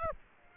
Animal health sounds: mosquito wingbeat signal from an infrared sensor; Aedes aegypti

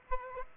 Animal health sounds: mosquito wingbeat signal from an infrared sensor; Aedes aegypti

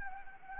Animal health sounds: mosquito wingbeat signal from an infrared sensor; Anopheles gambiae

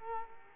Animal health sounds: mosquito wingbeat signal from an infrared sensor; Culex quinquefasciatus

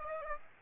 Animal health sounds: mosquito wingbeat signal from an infrared sensor; Aedes aegypti

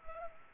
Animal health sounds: mosquito wingbeat signal from an infrared sensor; Culex pipiens

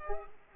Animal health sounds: mosquito wingbeat signal from an infrared sensor; Culex pipiens

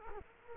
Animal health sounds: mosquito wingbeat signal from an infrared sensor; Culex quinquefasciatus

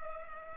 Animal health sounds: mosquito wingbeat signal from an infrared sensor; Culex pipiens

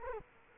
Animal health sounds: mosquito wingbeat signal from an infrared sensor; Culex quinquefasciatus

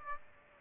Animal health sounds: mosquito wingbeat signal from an infrared sensor; Aedes aegypti

